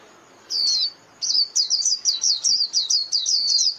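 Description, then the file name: White-eye calls: a brief high chirp, a pause, then a rapid run of thin, high, wavering notes at a steady pace to the end. Lure call used for trapping white-eyes, known as mồi. "Tieng khuyen moi"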